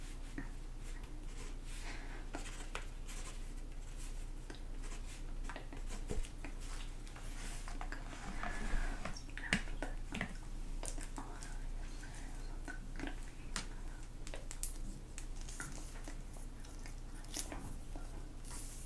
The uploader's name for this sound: Measuring You & Inaudible Whispering